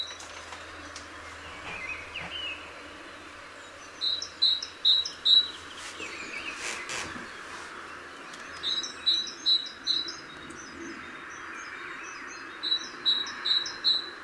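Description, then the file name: Great tit calls: three bursts of four or five high repeated notes separated by pauses, over constant background noise and a low hum early on. "Parus major"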